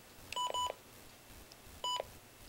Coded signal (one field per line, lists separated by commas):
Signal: none